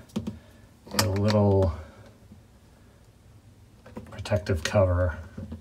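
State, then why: Not seated. A small protective plastic cover over a recess in a Samsung refrigerator's interior panel is handled during a repair to fix water collecting in the crisper drawers. Short sharp taps come near the start and again around 3.9–4.1 s, while someone talks. The cover is going back on, but nothing has seated or clicked yet.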